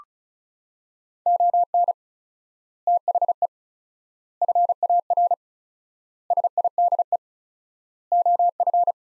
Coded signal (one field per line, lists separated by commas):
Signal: Morse code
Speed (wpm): 36 wpm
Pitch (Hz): 700 Hz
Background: none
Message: ON THE FAR SIDE OF